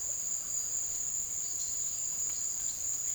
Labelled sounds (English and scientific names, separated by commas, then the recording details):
none
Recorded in secondary vegetation near Puerto Asís, Putumayo, Colombia, on 24 March 2025 at 16:30
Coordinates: 0.489, -76.322
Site G042